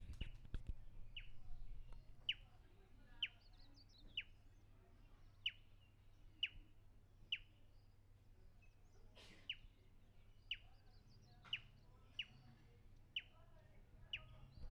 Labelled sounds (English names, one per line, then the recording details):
Gray Wren-Warbler
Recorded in northern Uganda